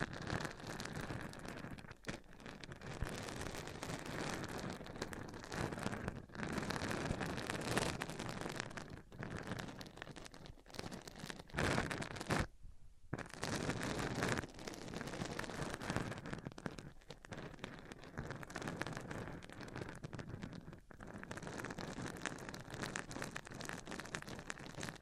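A microphone is rubbed over a surface in dense, scratchy strokes, nearly continuous with brief pauses, one clear silence around thirteen seconds.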